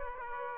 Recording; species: mosquito wingbeat signal from an infrared sensor; Aedes aegypti